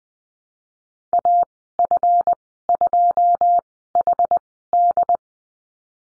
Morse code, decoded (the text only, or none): AF2HD